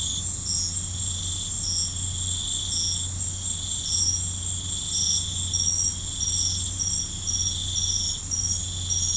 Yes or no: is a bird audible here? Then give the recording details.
no. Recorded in pastures near Puerto Asís, Putumayo, Colombia, on 15 December 2024 at 20:00. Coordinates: 0.505, -76.324. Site G063